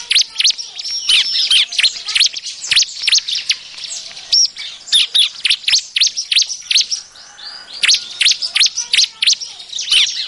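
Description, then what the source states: Bar-winged prinia, loud, squeaky high chirps delivered in rapid uneven bursts, almost nonstop, with short quieter gaps between. Noisy calls, used as a lure to attract birds.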